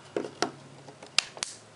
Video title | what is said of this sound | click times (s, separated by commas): iPhone 4 Red OtterBox Defender | make sure everything you hear the snaps you're good | 0.4 s, 1.2 s, 1.4 s